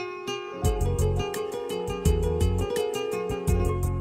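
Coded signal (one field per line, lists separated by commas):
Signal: none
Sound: ringtone melody tones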